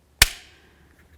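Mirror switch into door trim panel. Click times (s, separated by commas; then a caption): 0.2 s. A new plastic mirror switch for a 1988–2002 GMC Sierra 1500 is lined up on the back side of the door trim panel and pressed in. It snaps into place with one sharp, bright click at 0.2 s that rings briefly and fades into quiet. The switch is seated in the panel.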